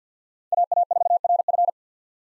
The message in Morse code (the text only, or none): AA4RF